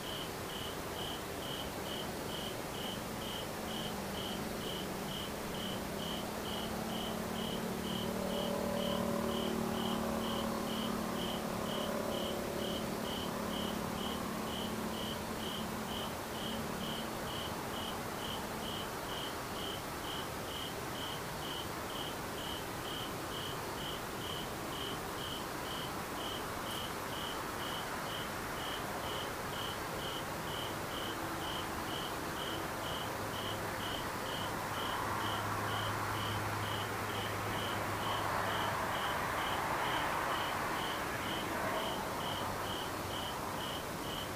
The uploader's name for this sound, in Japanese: 環境音パック